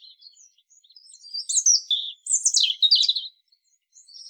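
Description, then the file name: European robin song: a sequence of high, tinkling and warbled notes that swells into a loud, jumbled flourish before fading. "Erithacus rubecula"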